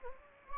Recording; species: mosquito wingbeat signal from an infrared sensor; Anopheles gambiae